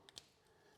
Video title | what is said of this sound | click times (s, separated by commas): AirFly Pro Unboxing & Setup: Bluetooth Headphones on Airplanes | snaps into place you can charge it | 0.1 s, 0.2 s